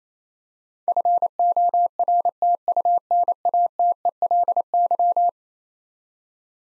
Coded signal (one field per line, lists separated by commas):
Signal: Morse code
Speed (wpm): 28 wpm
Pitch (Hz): 700 Hz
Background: none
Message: FORTUNATELY